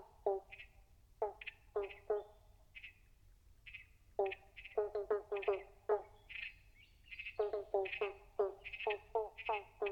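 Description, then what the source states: Pobblebonk frog chorus, bursts of twangy banjo-like bonks in irregular clusters separated by brief pauses, with thinner high-pitched notes interspersed. Several pobblebonk frogs calling together in a chorus.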